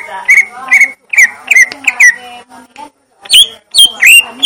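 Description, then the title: Leafbird song of loud, slurred whistles and chirps in short groups, separated by brief quiet gaps. Song type called "gledek" (thunder); Indonesian name cucak ijo. "Cucak Ijo Suara Gledek"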